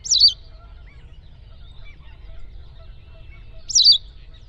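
Bird calls twice, each a quick high squeaky note with a wavering twist, spaced nearly four seconds apart against quiet low background noise.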